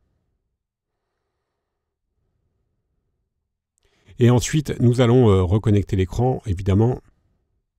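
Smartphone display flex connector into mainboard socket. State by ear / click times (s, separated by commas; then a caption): not seated / none. A replacement display's flex connector is being handled for reconnection to its socket on the mainboard of a Samsung Galaxy J6+ smartphone. After near silence and a faint tick around 3.8 s, someone talks. Nothing has seated or clicked yet.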